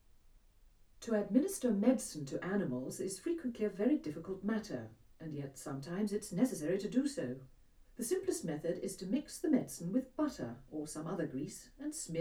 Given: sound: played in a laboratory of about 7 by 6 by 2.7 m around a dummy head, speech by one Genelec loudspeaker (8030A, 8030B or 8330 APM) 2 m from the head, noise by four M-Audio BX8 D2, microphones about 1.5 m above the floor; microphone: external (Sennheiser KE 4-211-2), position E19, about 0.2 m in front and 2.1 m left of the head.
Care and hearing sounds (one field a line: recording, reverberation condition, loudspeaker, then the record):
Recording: female speech in English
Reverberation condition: low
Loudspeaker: 150 degrees to the right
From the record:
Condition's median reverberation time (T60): about 310 ms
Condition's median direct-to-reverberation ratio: about 3.5 dB